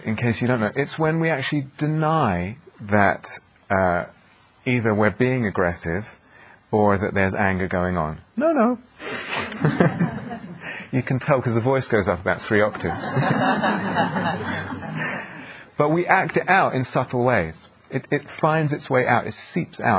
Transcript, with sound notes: In case you don't know, it's when we actually deny that either we're being aggressive, or that there's anger going on: "No, no!" [laughter] You can tell, because the voice goes up about three octaves. [laughter] But we act it out in subtle ways. It finds its way out. It seeps out.